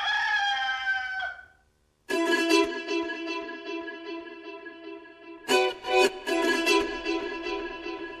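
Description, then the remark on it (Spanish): A rooster crows several times in a row, opening a radio drama called Gallo de Riña, each call a long, loud, raspy cock-a-doodle-doo with a strained, buzzing tone, separated by a brief silence after the first one. “Mariposa, vamos a hacer un radioteatro que te va a conmover. Gallo de Riña.”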